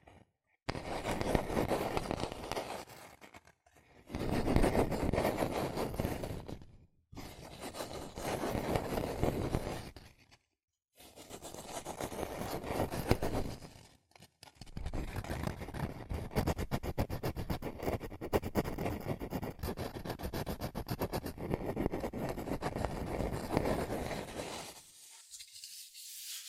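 Fast tapping, scratching and tracing on cardboard and paper come in dense bursts separated by brief silences, with a long continuous stretch toward the end.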